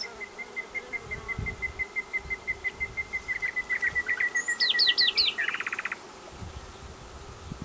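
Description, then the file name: Common nightingale song: a long run of rapid, identical piping notes that swells louder, then sharp high slurs and a brief buzzy rattle. "Luscinia megarhynchos"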